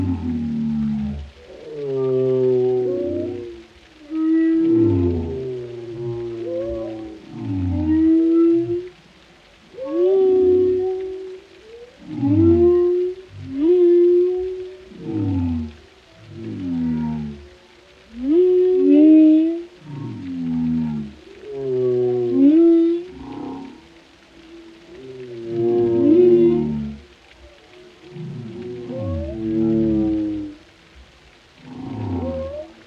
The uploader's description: different whale species as they contribute their unique sounds to the vast oceanic symphony